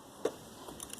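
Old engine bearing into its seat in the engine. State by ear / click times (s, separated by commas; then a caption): not seated / none. A worn, spring-loaded engine bearing from a 2005 Suzuki Forenza is pushed into its seat in the engine, but with no spring left it just sits there without doing anything. A soft thump is heard at about 0.3 s, followed by faint ticks near 0.8, 0.9 and 1.0 s. Nothing has snapped into place.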